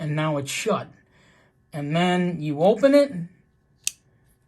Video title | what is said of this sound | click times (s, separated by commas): KNIFE OF THE PARTY GUEST DES HORN PART 1 | that liner now clicks back in that home mechanism | 3.9 s